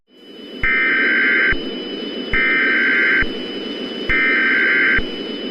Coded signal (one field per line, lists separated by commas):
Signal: Emergency Alert System (SAME) tones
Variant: header bursts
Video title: EAS Scenario: The Midnight Sun: 2025 REMASTERED. #easscenario